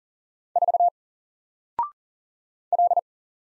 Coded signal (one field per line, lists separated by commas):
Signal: Morse code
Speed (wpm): 40 wpm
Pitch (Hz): 700 Hz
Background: none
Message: 4 L